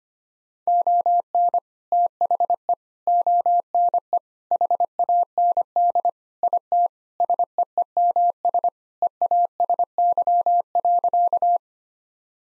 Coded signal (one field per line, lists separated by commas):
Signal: Morse code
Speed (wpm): 25 wpm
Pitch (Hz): 700 Hz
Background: none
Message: ON THE ONE HAND IT SEEMS EASY.